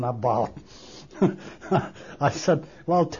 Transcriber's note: he laughs